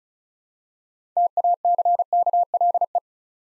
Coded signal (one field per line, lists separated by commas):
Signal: Morse code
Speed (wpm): 36 wpm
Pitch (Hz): 700 Hz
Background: none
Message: TACKLE